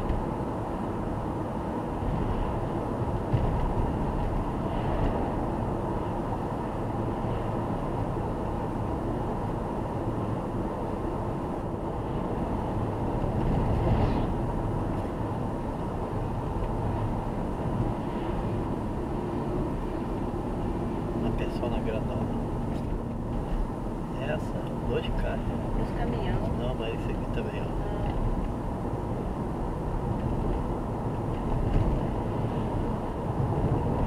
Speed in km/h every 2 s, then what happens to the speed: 77, 78, 78, 78, 77, 77, 76, 75, 73, 66, 63, 62, 62, 64, 68, 69, 72.
0-14 steady at about 77. 14-21 slows to 62. 25-34 speeds up to 72.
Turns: none.